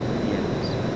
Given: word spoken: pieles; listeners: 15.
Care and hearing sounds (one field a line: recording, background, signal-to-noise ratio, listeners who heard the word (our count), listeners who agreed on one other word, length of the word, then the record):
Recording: one Spanish word in noise, from a listening test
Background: speech-shaped noise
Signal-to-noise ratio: -6.6 dB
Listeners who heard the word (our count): 0 of 15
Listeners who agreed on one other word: 6 of 15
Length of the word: 0.56 s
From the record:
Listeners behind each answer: 6, 3, 2, 1, 1, 1, 1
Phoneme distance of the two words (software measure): 27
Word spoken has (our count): 2 syllables, 6 phonemes, stress on syllable 1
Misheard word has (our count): 2 syllables, 7 phonemes, stress on syllable 1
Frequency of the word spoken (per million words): 7.19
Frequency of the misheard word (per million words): 60.86